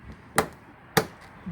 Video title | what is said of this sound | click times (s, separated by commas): Bumper Dent Repair - 2011-2020 Toyota Sienna | they will fit in so once you hear the clicks it's it's done | 0.4 s, 1.0 s